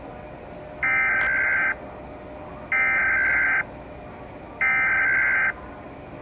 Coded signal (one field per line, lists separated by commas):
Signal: Emergency Alert System (SAME) tones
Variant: header bursts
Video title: International eas alarm’s: part 5 (Remake)